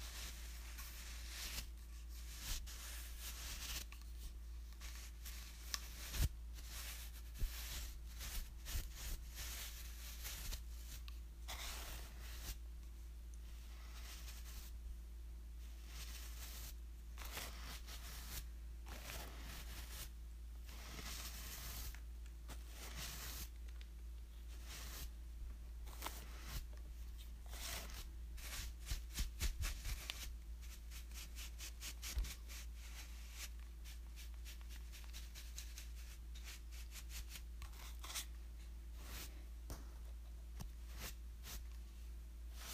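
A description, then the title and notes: Paint brushes stroke and rub against a surface in quick, irregular bursts of bright scratchy texture. The strokes come densely throughout, with a few sharper taps around six and thirty seconds. A steady low hum sits underneath the whole time. From large room painting brushes to small canvas paint brushes.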